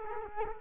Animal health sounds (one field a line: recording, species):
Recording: mosquito wingbeat signal from an infrared sensor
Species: Culex quinquefasciatus